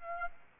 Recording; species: mosquito wingbeat signal from an infrared sensor; Aedes albopictus